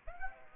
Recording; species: mosquito wingbeat signal from an infrared sensor; Aedes aegypti